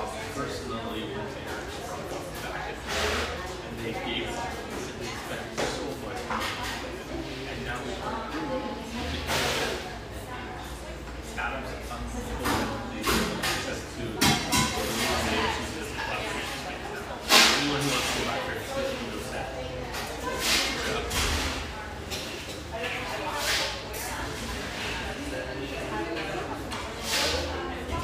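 Murmur of an espresso joint in North Beach: overlapping voices keep up a steady chatter throughout. Short clinks and clatters pop out often, with a sharp, loud crack near seventeen seconds. A low hum sits underneath the whole time.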